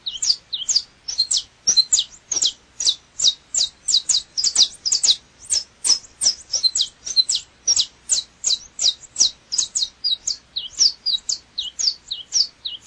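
Double-collared seedeater song: continuous high, twittering notes repeated quickly and evenly, with no other clear sounds.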